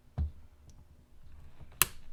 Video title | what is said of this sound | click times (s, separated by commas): Traxxas Slash Kit Build Part 3!!!! | so there it snapped | 1.8 s